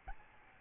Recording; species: mosquito wingbeat signal from an infrared sensor; Aedes albopictus